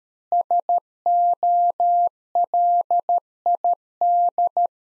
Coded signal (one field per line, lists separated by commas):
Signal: Morse code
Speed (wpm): 13 wpm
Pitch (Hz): 700 Hz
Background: none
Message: SOLID